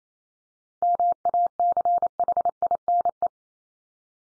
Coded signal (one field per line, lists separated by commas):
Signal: Morse code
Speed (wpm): 28 wpm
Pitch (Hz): 700 Hz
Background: none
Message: MACHINE